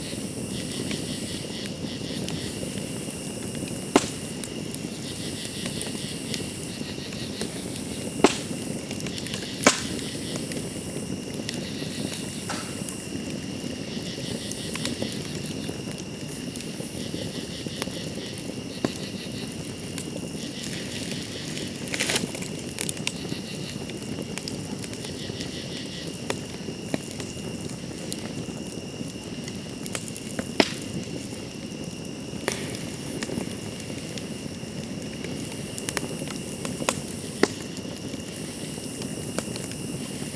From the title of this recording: Nightime Campfire and Crickets